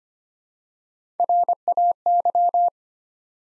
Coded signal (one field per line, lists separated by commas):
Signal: Morse code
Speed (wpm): 25 wpm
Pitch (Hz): 700 Hz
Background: none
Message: RAY